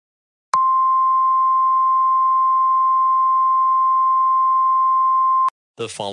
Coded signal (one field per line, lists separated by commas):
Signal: Emergency Alert System (SAME) tones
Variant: 1050 Hz attention tone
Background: speech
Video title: When Hurricanes Collide - EAS Scenario #3